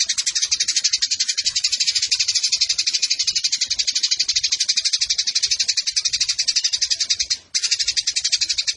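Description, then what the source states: Eurasian tree sparrow pouring out a long, even burst of quick scratchy pulses, with one short pause near the end. Used for bird song competitions; local song style 'tarung nembak panjang' (fighting, long shooting bursts); clear voice; master recording for training competition birds.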